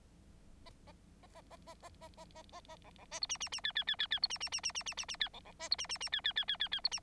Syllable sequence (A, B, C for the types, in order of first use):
A A A A A A A A A A A A B B C D E E E F F F F F D E E E E E E E E F B B C D E E E F F F F F F D E